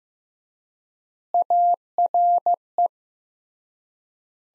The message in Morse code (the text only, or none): ARE